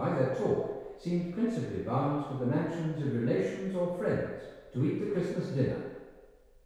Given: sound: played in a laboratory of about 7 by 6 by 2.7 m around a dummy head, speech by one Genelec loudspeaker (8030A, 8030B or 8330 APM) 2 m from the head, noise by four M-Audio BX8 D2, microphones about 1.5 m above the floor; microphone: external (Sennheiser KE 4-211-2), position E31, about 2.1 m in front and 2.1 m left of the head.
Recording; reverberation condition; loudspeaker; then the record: male speech in English; high; 60 degrees to the left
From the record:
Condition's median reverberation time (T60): about 1300 ms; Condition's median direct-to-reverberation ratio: about -4.0 dB